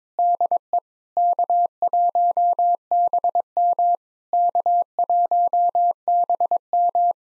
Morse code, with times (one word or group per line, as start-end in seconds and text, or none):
0.2-0.8 DE
1.2-3.9 K1BM
4.3-7.1 K1BM